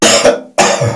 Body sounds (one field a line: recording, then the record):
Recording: coughing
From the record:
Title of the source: Cough Around the Clock!